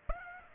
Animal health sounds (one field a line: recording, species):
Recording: mosquito wingbeat signal from an infrared sensor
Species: Aedes aegypti